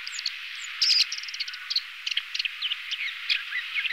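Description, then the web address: Tiger shrike song: dense rasping chatter with quick clicks and short twangy whistles, uneven in rhythm from start to finish. "lanius tigrinus"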